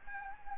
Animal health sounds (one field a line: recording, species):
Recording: mosquito wingbeat signal from an infrared sensor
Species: Anopheles gambiae